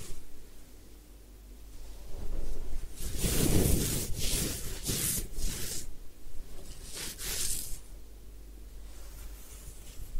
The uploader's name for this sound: Head Spa Hair Wash, Massage, Ear Cleaning